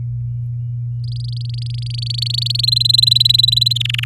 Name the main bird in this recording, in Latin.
Serinus canaria